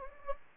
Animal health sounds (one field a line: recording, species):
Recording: mosquito wingbeat signal from an infrared sensor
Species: Anopheles gambiae